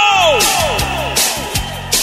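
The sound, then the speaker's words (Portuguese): A crowd of Paysandu football fans shouting and cheering together in a loud, sustained roar, with many overlapping voices whose yells swoop downward in pitch and surge again in several bursts. “Agora quem é do Paixandu, dá um grito!”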